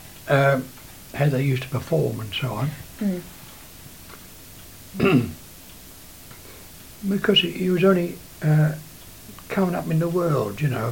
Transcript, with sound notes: eh, how they used to perform and so on.
Mhm.
[coughs] Because you was only eh, coming up in the world, you know.